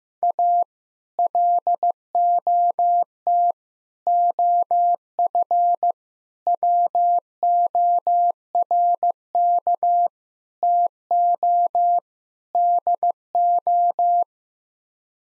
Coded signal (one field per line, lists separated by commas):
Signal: Morse code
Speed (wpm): 15 wpm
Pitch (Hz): 700 Hz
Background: none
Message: A LOT OF WORK TO DO